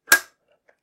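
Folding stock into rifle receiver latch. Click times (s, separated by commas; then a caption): 0.1 s. The folding metal stock of a 1940 MAS 36 CR39 bolt-action rifle is swung into its deployed position and snaps into the rear latch on the receiver with one sharp, loud metallic snap at 0.1 s, followed by a faint tick at 0.7 s. The stock is seated and locked in place.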